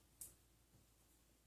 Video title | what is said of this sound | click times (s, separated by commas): DIY compound bow setup up. Setting your nock point with a $10 bow square! | once you get that locked into place now | 0.2 s